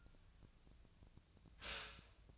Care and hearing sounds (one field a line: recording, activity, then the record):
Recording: daily activity, microphone in the room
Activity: stop toaster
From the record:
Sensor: 2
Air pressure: 1009.1 hPa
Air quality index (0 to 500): 185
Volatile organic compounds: 11 ppm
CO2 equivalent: 2301 ppm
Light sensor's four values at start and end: 23/57/24/26 and 23/57/24/26